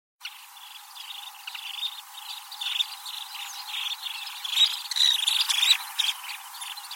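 Bird chirping, a steady stream of short high notes at an uneven rhythm, growing louder and busier toward the end.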